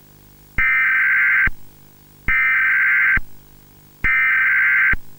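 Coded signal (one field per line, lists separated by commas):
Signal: Emergency Alert System (SAME) tones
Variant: header bursts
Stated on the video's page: Valid EAS SAME tones used in a fictional analog horror Emergency Alert System scenario.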